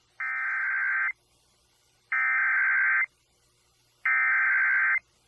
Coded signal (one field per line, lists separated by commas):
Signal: Emergency Alert System (SAME) tones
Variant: header bursts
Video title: EAS Captures: PDS Tornado Warning for Becker County, Minnesota (False Activation?)